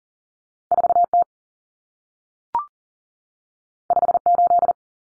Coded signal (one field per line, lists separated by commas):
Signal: Morse code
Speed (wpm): 40 wpm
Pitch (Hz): 700 Hz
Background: none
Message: 4T 58